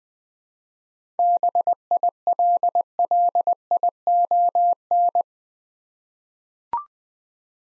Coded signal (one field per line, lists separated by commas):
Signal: Morse code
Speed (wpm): 20 wpm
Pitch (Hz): 700 Hz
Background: none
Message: BILLION